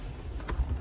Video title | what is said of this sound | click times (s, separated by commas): BMW 1/2 Series 2011-2019 Head Unit & Reverse Camera Wireless CarPlay Android Install Review - Part 6 | There we go. There we go. That's clicked in. | 0.5 s